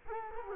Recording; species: mosquito wingbeat signal from an infrared sensor; Culex quinquefasciatus